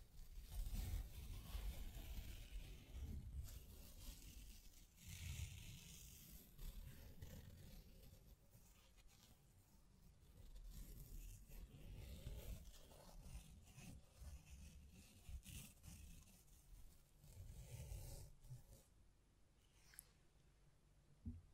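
Hands brush, rub and scratch against the microphone in uneven bursts, with heavy low thumps and rustling that swell and fade every few seconds. The texture stays dense and scraping throughout, with a few sharper taps and a brief quieter stretch near the end.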